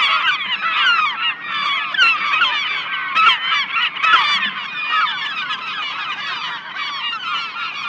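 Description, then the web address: Gulls squawking in a massed flock, harsh calls overlapping thickly, with a couple of sharper, louder cries standing out midway. "seagulls"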